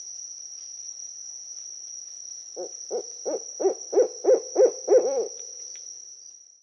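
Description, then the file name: Owl giving a rapid series of hoots, about three per second, building in loudness, over a steady high whine. "zvuki sovy"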